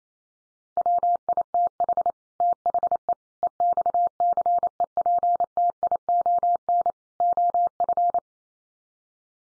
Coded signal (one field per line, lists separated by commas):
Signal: Morse code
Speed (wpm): 28 wpm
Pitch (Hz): 700 Hz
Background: none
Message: WITH THE EXCEPTION OF